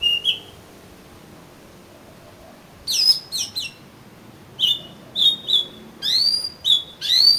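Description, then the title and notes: Oriental magpie-robin song with clear whistled notes, some sliding upward, delivered in short separated bursts after a single opening note and a long pause. "suara kacer. kumpulan suara burung kacer"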